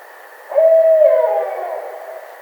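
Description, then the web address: Barred owl uttering one long hooting note, level at first and then falling and fading out. Recorded 27 April 2009. "Barred Owl 2009 04 27"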